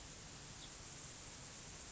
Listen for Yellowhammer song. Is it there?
no